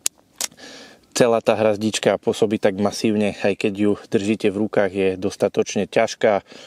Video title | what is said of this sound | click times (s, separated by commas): Giants Fishing Hrazda na pruty Adjustable Buzzer Bar 2 Rods 17-25cm | Prídete na ryby, pekne vám to zaskočí, sú tu tie drážky, takže úplne dokonale vymyslené. | 0.1 s